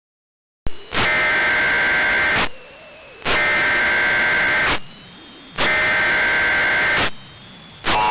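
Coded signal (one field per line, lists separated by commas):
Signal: Emergency Alert System (SAME) tones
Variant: header bursts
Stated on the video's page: Fictional EAS scenario, simulated alert.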